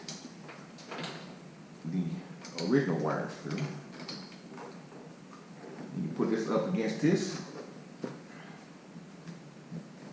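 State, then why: Not seated. While installing puddle lights on a Smart 453 Cabrio, a plastic trim piece is held against its mount on the car body panel and lined up before being pushed home, as someone talks. Only quiet handling rustles and light bumps are heard; nothing has seated or clicked yet.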